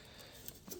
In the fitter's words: So the gasket pops into place, but you can see